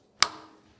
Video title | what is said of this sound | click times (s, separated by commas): Turning a Figured Maple Box with a Suction Fit Lid - Woodturning How-To | Perhaps that's a snap or a pop. So, that's not so bad. | 0.2 s